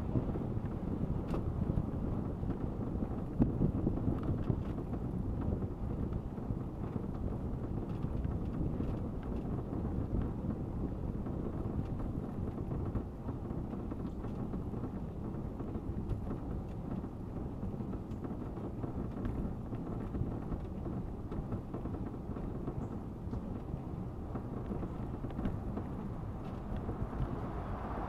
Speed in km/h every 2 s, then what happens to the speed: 15, 14, 15, 14, 14, 13, 13, 13, 12, 13, 12, 12, 12, 13.
0-28 steady at about 13.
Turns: none.